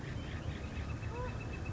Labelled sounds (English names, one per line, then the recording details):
Northern Flicker
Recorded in Sonoma County, California